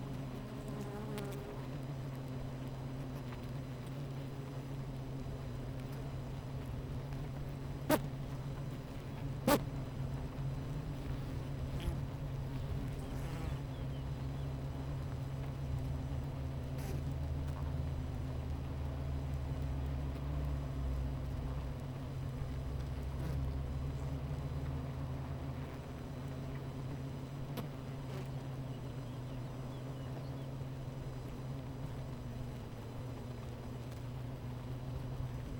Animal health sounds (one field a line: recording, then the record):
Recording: honeybee colony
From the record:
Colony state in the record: missing queen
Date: 14 July 2017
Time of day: 11:12